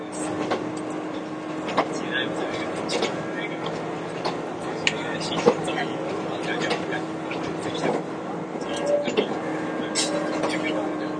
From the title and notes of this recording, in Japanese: 伊豆急2100系(キンメ電車) 熱海〜伊東。JR伊東線の区間で録音した。制御機器など制御方式は全編成とも抵抗制御である。ブレーキシステムは発電ブレーキ併用電磁直通ブレーキ (HSC-D) であり、合わせて抑速ブレーキも装備する。主電動機はTDK806/5-A、歯車比は5.31。